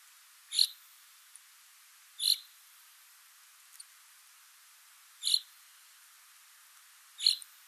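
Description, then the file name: Common chaffinch giving short, sharp single call notes, four in total, spaced irregularly about two to three seconds apart, with faint clicks between them. "Fringilla coelebs"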